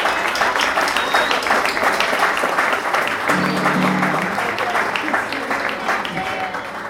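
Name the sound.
audience applause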